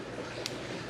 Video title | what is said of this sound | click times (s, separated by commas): How To: INSTALL BARS on Softail, Dyna, and Sportster - Step-by-Step Tutorial ! | That snaps in place. | 0.5 s